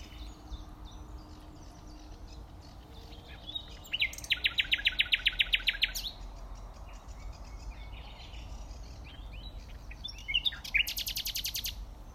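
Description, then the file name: Common nightingale song: a loud, rapid, rattling run of repeated notes lasting almost two seconds, later a shorter, higher rattle, with faint bird notes and low hiss between. "Luscinia megarhynchos"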